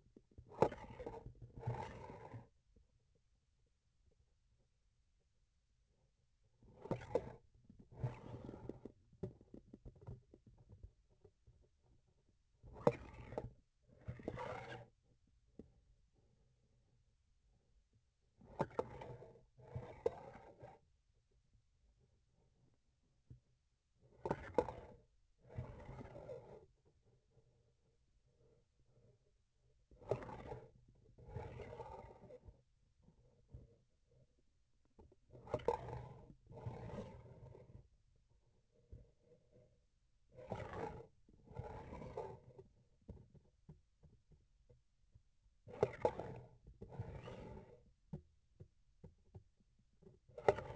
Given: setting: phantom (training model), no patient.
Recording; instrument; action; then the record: laparoscopic instrument, vibration sensor on the handle end; grasping forceps; approaching and retracting movements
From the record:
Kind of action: spatial motion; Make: other than Olympus